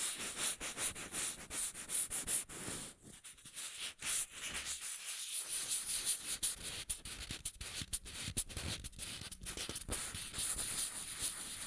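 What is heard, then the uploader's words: Rubbing and crinkling sounds fill the clip, a dense, continuous rustle with bright, papery texture. Short gaps and quick bursts break it irregularly, with brief pauses near three and five seconds and choppier stretches after eight seconds. Rubbing and Crinkles (NO TALKING).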